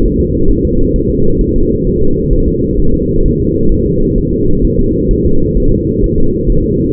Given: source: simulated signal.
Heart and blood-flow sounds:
fetal heart sounds
0.06 s: S1
0.20 s: S2
0.51 s: S1
0.65 s: S2
0.96 s: S1
1.10 s: S2
1.41 s: S1
1.56 s: S2
1.87 s: S1
2.02 s: S2
2.33 s: S1
2.48 s: S2
2.79 s: S1
2.94 s: S2
3.26 s: S1
3.40 s: S2
3.72 s: S1
3.86 s: S2
4.18 s: S1
4.33 s: S2
4.65 s: S1
4.79 s: S2
5.11 s: S1
5.25 s: S2
5.57 s: S1
5.72 s: S2
6.04 s: S1
6.18 s: S2
6.50 s: S1
6.64 s: S2
From the record:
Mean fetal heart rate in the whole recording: 130 bpm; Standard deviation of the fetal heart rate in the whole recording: 4 bpm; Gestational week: 38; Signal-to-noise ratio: -17.7 dB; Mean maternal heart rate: 72 bpm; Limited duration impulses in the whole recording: present

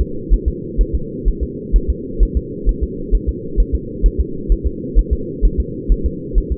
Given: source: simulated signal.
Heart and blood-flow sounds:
fetal heart sounds
0.01 s: S2
0.34 s: S1
0.48 s: S2
0.81 s: S1
0.95 s: S2
1.28 s: S1
1.43 s: S2
1.76 s: S1
1.90 s: S2
2.23 s: S1
2.37 s: S2
2.69 s: S1
2.83 s: S2
3.15 s: S1
3.29 s: S2
3.60 s: S1
3.75 s: S2
4.06 s: S1
4.20 s: S2
4.52 s: S1
4.67 s: S2
4.99 s: S1
5.13 s: S2
5.45 s: S1
5.60 s: S2
5.92 s: S1
6.06 s: S2
6.38 s: S1
6.52 s: S2
From the record:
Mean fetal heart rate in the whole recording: 130 bpm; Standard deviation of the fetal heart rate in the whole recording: 2 bpm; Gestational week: 36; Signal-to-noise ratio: -4.3 dB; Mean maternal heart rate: 72 bpm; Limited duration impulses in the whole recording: absent

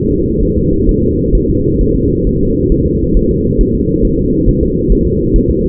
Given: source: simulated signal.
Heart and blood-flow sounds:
fetal heart sounds
0.11 s: S2
0.43 s: S1
0.57 s: S2
0.89 s: S1
1.03 s: S2
1.35 s: S1
1.50 s: S2
1.81 s: S1
1.95 s: S2
2.27 s: S1
2.41 s: S2
2.72 s: S1
2.86 s: S2
3.17 s: S1
3.31 s: S2
3.61 s: S1
3.75 s: S2
4.05 s: S1
4.19 s: S2
4.49 s: S1
4.63 s: S2
4.92 s: S1
5.07 s: S2
5.36 s: S1
5.50 s: S2
From the record:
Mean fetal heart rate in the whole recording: 135 bpm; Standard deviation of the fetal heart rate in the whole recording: 3 bpm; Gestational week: 36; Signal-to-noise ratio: -14.7 dB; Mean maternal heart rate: 72 bpm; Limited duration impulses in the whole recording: present

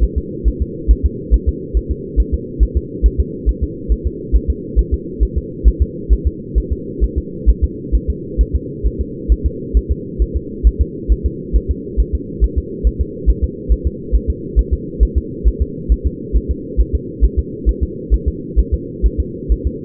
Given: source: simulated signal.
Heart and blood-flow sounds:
fetal heart sounds
0.03 s: S1
0.18 s: S2
0.48 s: S1
0.62 s: S2
0.91 s: S1
1.06 s: S2
1.34 s: S1
1.49 s: S2
1.77 s: S1
1.91 s: S2
2.20 s: S1
2.34 s: S2
2.63 s: S1
2.77 s: S2
3.06 s: S1
3.20 s: S2
3.49 s: S1
3.63 s: S2
3.92 s: S1
4.07 s: S2
4.36 s: S1
4.50 s: S2
4.79 s: S1
4.94 s: S2
5.23 s: S1
5.38 s: S2
5.68 s: S1
5.82 s: S2
6.13 s: S1
6.27 s: S2
6.58 s: S1
6.72 s: S2
7.04 s: S1
7.18 s: S2
7.50 s: S1
7.64 s: S2
7.95 s: S1
8.10 s: S2
8.41 s: S1
8.55 s: S2
8.87 s: S1
9.01 s: S2
9.32 s: S1
9.46 s: S2
9.77 s: S1
9.91 s: S2
10.22 s: S1
10.37 s: S2
10.67 s: S1
10.81 s: S2
11.12 s: S1
11.26 s: S2
11.56 s: S1
11.71 s: S2
12.00 s: S1
12.15 s: S2
12.44 s: S1
12.58 s: S2
12.87 s: S1
13.01 s: S2
13.30 s: S1
13.44 s: S2
13.72 s: S1
13.87 s: S2
14.15 s: S1
14.30 s: S2
14.59 s: S1
14.73 s: S2
15.03 s: S1
15.18 s: S2
15.48 s: S1
15.62 s: S2
15.92 s: S1
16.06 s: S2
16.36 s: S1
16.51 s: S2
16.81 s: S1
16.95 s: S2
17.25 s: S1
17.39 s: S2
17.69 s: S1
17.83 s: S2
18.14 s: S1
18.28 s: S2
18.59 s: S1
18.74 s: S2
19.06 s: S1
19.20 s: S2
19.52 s: S1
19.67 s: S2
From the record:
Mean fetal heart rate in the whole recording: 135 bpm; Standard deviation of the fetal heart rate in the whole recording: 3 bpm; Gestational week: 34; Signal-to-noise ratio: -4.1 dB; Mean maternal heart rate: no maternal heart sound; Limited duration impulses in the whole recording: absent

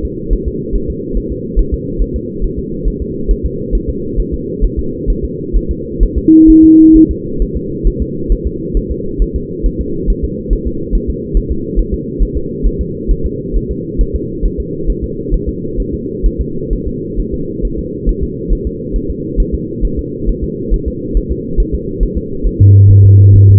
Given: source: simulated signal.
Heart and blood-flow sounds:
fetal heart sounds
0.05 s: S2
0.33 s: S1
0.48 s: S2
0.75 s: S1
0.90 s: S2
1.17 s: S1
1.32 s: S2
1.59 s: S1
1.74 s: S2
2.02 s: S1
2.16 s: S2
2.44 s: S1
2.59 s: S2
2.88 s: S1
3.02 s: S2
3.31 s: S1
3.46 s: S2
3.75 s: S1
3.89 s: S2
4.20 s: S1
4.34 s: S2
4.64 s: S1
4.79 s: S2
5.10 s: S1
5.25 s: S2
5.57 s: S1
5.71 s: S2
6.03 s: S1
6.18 s: S2
6.50 s: S1
6.64 s: S2
6.96 s: S1
7.11 s: S2
7.42 s: S1
7.57 s: S2
7.87 s: S1
8.02 s: S2
8.32 s: S1
8.47 s: S2
8.77 s: S1
8.91 s: S2
9.22 s: S1
9.36 s: S2
9.66 s: S1
9.81 s: S2
10.10 s: S1
10.25 s: S2
10.53 s: S1
10.67 s: S2
10.95 s: S1
11.10 s: S2
11.37 s: S1
11.52 s: S2
11.79 s: S1
11.94 s: S2
12.22 s: S1
12.37 s: S2
12.66 s: S1
12.81 s: S2
13.11 s: S1
13.26 s: S2
13.56 s: S1
13.71 s: S2
14.01 s: S1
14.16 s: S2
14.46 s: S1
14.60 s: S2
14.90 s: S1
15.04 s: S2
15.34 s: S1
15.49 s: S2
15.80 s: S1
15.94 s: S2
16.26 s: S1
16.41 s: S2
16.73 s: S1
16.88 s: S2
17.20 s: S1
17.34 s: S2
17.65 s: S1
17.79 s: S2
18.09 s: S1
18.23 s: S2
18.53 s: S1
18.67 s: S2
18.96 s: S1
19.11 s: S2
19.40 s: S1
19.54 s: S2
19.85 s: S1
19.99 s: S2
20.29 s: S1
20.44 s: S2
20.74 s: S1
20.88 s: S2
21.17 s: S1
21.32 s: S2
21.60 s: S1
21.75 s: S2
22.03 s: S1
22.18 s: S2
22.46 s: S1
22.61 s: S2
22.91 s: S1
23.05 s: S2
23.36 s: S1
23.50 s: S2
From the record:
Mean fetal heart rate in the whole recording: 135 bpm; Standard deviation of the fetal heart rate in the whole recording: 3 bpm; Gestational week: 36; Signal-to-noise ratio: -6.6 dB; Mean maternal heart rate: 72 bpm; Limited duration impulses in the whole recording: present

